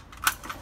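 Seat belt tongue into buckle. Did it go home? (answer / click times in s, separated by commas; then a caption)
yes / 0.3 s. During a school bus pre-trip inspection, the driver fastens the seat belt tongue into its buckle latch. A sharp, loud click at 0.3 s marks it snapping into place in good condition, followed by a fainter click around 0.5 s.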